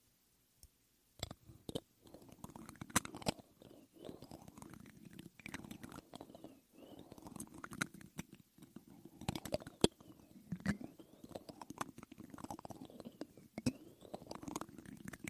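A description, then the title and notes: Fingers scratch and rub across a foam mic cover, producing dense, crackling friction with a muffled low thump underneath. Sharp scrapes and pops break through irregularly every second or so, with a few gliding whooshes. Near-silence opens the first second; there's no talking. ASMR THE ULTIMATE MIC TRIGGER TEST on NEW Blue Yeti Pro (mic brushing, mic scratching, no talking). Mic Scratching on Foam Mic Cover.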